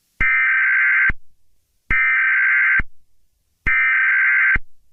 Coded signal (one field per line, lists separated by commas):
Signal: Emergency Alert System (SAME) tones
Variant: header bursts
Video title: EAS Scenario #2: Hot To Go!